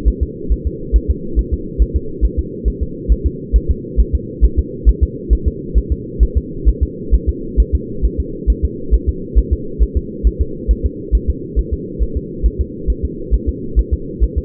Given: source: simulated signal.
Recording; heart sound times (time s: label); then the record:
fetal heart sounds
0.08 s: S1
0.23 s: S2
0.52 s: S1
0.67 s: S2
0.96 s: S1
1.10 s: S2
1.39 s: S1
1.53 s: S2
1.82 s: S1
1.96 s: S2
2.25 s: S1
2.39 s: S2
2.68 s: S1
2.83 s: S2
3.12 s: S1
3.26 s: S2
3.56 s: S1
3.71 s: S2
4.00 s: S1
4.15 s: S2
4.45 s: S1
4.59 s: S2
4.89 s: S1
5.03 s: S2
5.33 s: S1
5.48 s: S2
5.78 s: S1
5.92 s: S2
6.23 s: S1
6.38 s: S2
6.69 s: S1
6.83 s: S2
7.14 s: S1
7.29 s: S2
7.60 s: S1
7.75 s: S2
8.05 s: S1
8.20 s: S2
8.50 s: S1
8.65 s: S2
8.94 s: S1
9.09 s: S2
9.38 s: S1
9.53 s: S2
9.83 s: S1
9.97 s: S2
10.27 s: S1
10.41 s: S2
10.71 s: S1
10.86 s: S2
11.15 s: S1
11.30 s: S2
11.59 s: S1
11.73 s: S2
12.03 s: S1
12.17 s: S2
12.46 s: S1
12.61 s: S2
12.90 s: S1
13.05 s: S2
13.34 s: S1
13.49 s: S2
13.79 s: S1
13.93 s: S2
14.24 s: S1
14.38 s: S2
From the record:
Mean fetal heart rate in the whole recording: 135 bpm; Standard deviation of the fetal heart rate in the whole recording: 3 bpm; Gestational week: 34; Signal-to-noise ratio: -4.3 dB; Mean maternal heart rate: 72 bpm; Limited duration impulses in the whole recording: absent